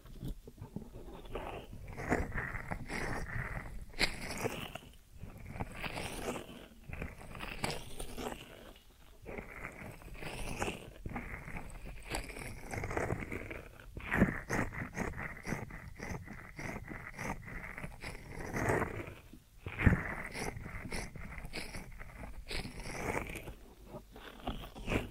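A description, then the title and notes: Deep ear massage with dense, irregular rubbing, scraping and crunchy crackles, brief louder scratchy bursts recurring every few seconds throughout. ASMR Deep Ear Massage for Sleep(No Talking).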